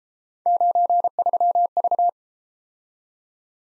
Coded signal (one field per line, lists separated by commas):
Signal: Morse code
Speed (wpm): 33 wpm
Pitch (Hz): 700 Hz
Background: none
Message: 93V